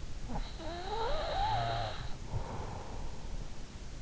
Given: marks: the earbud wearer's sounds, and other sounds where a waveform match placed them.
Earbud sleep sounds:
sounds in sleep by an in-ear microphone; breath
0.23-3.20 s: breath

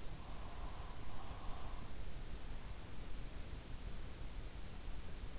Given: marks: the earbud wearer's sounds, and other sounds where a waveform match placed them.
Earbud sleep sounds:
sounds in sleep by an in-ear microphone; breath
0.20-1.93 s: breath

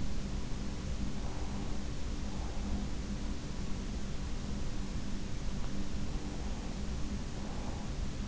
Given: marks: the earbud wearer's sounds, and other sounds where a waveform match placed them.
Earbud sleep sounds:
sounds in sleep by an in-ear microphone; breath
0.62-2.85 s: breath
5.94-8.28 s: breath

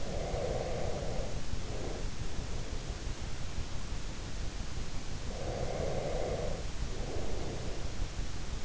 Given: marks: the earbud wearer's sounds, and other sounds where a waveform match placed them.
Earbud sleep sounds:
sounds in sleep by an in-ear microphone; breath
0.00-2.36 s: breath
5.28-7.96 s: breath

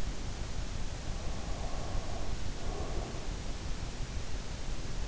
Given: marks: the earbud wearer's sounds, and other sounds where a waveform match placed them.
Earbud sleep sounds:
sounds in sleep by an in-ear microphone; breath
1.31-3.45 s: breath

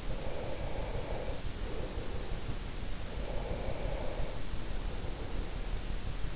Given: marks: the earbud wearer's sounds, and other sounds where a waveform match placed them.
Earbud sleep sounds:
sounds in sleep by an in-ear microphone; breath
0.04-2.66 s: breath
3.24-5.73 s: breath

